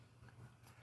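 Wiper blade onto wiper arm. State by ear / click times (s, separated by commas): not seated / none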